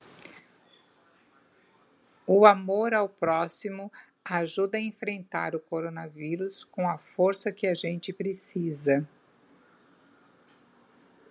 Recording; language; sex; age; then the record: spoken sentence; Brazilian Portuguese; female; 60 to 69 years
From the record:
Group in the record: control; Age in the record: 63 years